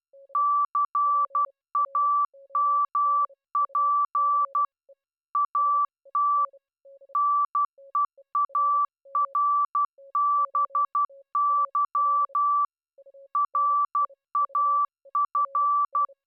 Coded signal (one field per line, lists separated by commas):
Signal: Morse code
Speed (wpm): 12 wpm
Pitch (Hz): 1160 Hz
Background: none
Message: CAMP AT NEARBY RAF